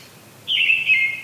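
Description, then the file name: Brown-headed thrush song: a single smooth, slightly descending whistled phrase lasting under a second. "akahara"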